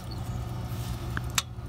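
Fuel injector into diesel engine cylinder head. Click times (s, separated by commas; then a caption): 1.4 s. A new $160 CA fuel injector from Amazon is installed into the cylinder head of a 5.9L 24V Cummins diesel engine: its two locating balls are lined up and it is rotated until it locks, then pushed home. Over a steady low hum, a soft tick at 1.2 s is followed by a sharp, bright click at 1.4 s as the injector seats in place.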